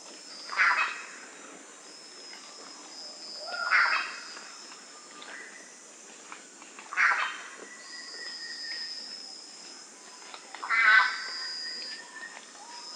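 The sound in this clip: Golden myna calls: harsh, nasal notes given singly, a few seconds apart, over a steady hiss of insects.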